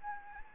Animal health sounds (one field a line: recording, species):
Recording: mosquito wingbeat signal from an infrared sensor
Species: Anopheles gambiae